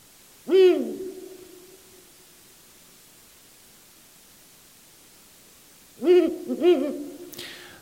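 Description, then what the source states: Ural owl hooting: a single deep hoot, a long pause of about four seconds, then two quicker hoots, over faint background hiss. Definite, very characteristic rhythm with a pause in the middle; example from a bird song lesson on owls.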